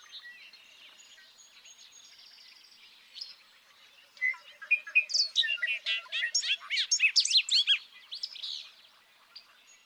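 Bobolink song, a jangling burst of quick bubbly, metallic notes lasting several seconds, amid soft background sounds.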